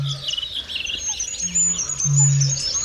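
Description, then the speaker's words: Goldcrest singing a very high, thin run of notes, with a low hum underneath. Heard live in a broadcast; noted for its bright, high voice. "Nu hör vi en kungsfågel, ljusa stämman där."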